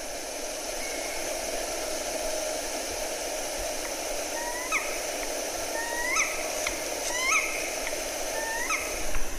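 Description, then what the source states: Black Woodpecker calls: several short rising notes with harmonics in the second half, over a steady background hiss. Call type labelled simply 'call' (Ruf), played from a recording.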